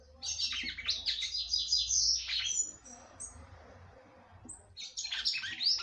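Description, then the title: Red-cowled cardinal pouring out rapid warbled phrases, then pausing briefly before resuming with more bright chirps; faint low hum beneath. "Galo De Campina"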